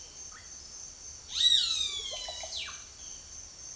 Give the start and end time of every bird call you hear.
1.34s-2.76s: bird call (0.3-10.8 kHz)

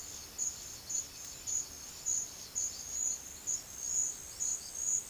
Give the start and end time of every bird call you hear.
2.45s-4.81s: bird call (3.6-5.6 kHz)

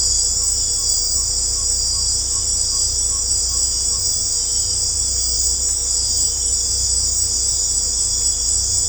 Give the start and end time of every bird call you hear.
0.32s-4.01s: bird call (0.6-1.5 kHz)

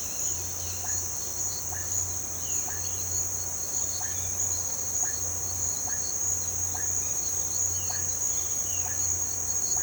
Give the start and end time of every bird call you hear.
7.78s-8.93s: bird call (1.9-4.0 kHz)

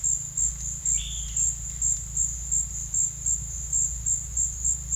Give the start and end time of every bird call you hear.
0.88s-1.44s: bird call (1.9-4.6 kHz)

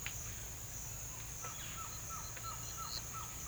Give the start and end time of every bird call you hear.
1.33s-3.48s: bird call (0.6-2.1 kHz)

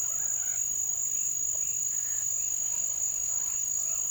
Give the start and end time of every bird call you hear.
0.01s-4.04s: bird call (0.2-3.3 kHz)

